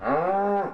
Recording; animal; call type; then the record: contact call of a hoofed animal; cattle; low-frequency (closed-mouth) or high-frequency (open-mouth) call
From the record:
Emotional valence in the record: negative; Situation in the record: full separation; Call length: 0.73 s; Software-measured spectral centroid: 920 Hz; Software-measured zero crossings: 1450 a second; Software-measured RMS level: -24 dBFS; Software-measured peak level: -11 dBFS